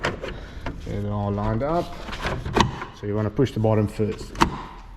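A plastic front grille is being lined up with its retaining clips over the front end of a Ford Ranger, ready for the bottom to be pushed on first. Someone talks over a few brief handling knocks, and nothing has seated or clicked yet.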